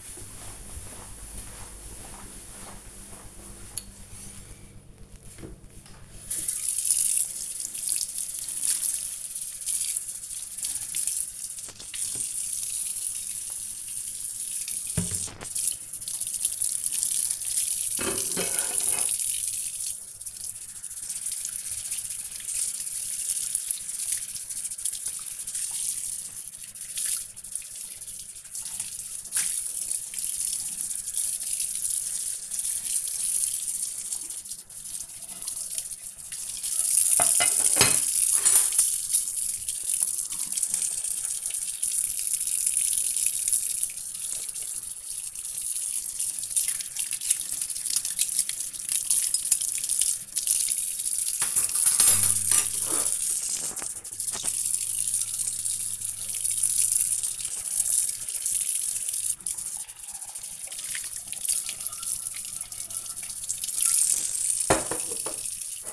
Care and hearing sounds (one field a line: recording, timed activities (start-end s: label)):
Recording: household activities, microphone on the right wrist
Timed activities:
3.24-65.93 s: washing dishes